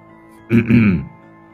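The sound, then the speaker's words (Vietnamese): A man clears his throat once, a short, gravelly rasp lasting about half a second, rising and then trailing off into quiet. “Hắn hắng giọng.”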